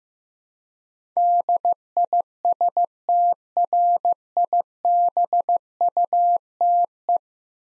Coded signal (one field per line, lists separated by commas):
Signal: Morse code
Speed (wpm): 16 wpm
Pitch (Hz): 700 Hz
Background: none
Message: DISTRIBUTE